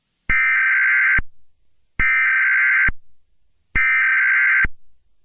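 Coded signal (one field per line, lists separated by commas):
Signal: Emergency Alert System (SAME) tones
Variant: header bursts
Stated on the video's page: Fictional Emergency Alert System scenario, not a real alert.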